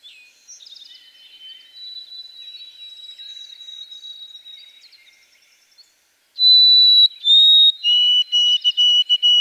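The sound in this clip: White-throated sparrow song: a faint long whistle with soft twittering, then after a pause two loud long whistles dropping in pitch and several short repeated lower notes.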